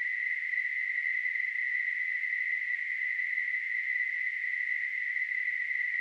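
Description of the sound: A steady, unbroken hiss, narrowly focused around a high-mid pitch near 2 kHz, holds at constant loudness for six seconds with no rhythm or breaks. It is a simulated tinnitus sound, imitating the persistent ringing or hissing a person with tinnitus hears.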